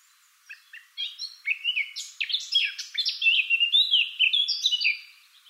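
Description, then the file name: Eurasian blackcap song: starts with soft scratchy notes, then builds into a rapid, loud, fluty warble of mixed high and low whistles. "Sylvia atricapilla"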